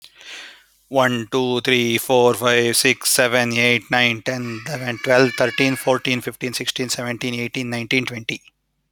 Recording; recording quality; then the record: counting at a fast pace; excellent, no background noise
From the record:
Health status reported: healthy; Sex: male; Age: 41 years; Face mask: not worn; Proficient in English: yes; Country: India